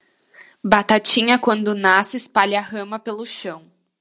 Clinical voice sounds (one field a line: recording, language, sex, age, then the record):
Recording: short text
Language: Brazilian Portuguese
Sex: female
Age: 20 to 29 years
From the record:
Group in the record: control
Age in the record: 25 years